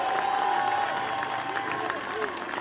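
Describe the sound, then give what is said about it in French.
A crowd at a Union populaire political rally in France applauds and cheers a speaker in a dense, steady roar of clapping and voices, with a high sustained whistle cutting through during the first second. “Je m'honore de votre confiance parce que je savais qu'à l'instant où j'apparaîtrai ici, je vous retrouverai nous aidant, nous épaulant, nous encourageant par vos applaudissements et par vos cris.”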